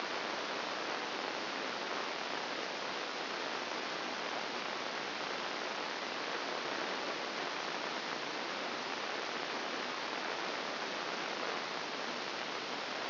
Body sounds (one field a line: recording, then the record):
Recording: brain microelectrode recording played as sound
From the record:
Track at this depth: inside the subthalamic nucleus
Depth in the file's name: 4.465 mm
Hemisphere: left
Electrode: 2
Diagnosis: Parkinson's disease